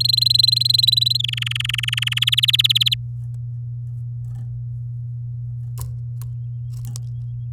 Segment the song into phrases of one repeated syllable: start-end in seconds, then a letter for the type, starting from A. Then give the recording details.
0.00-1.17 A, 1.19-2.19 B, 2.21-2.94 C. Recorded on 10 May 2018 at 10:47. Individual llb16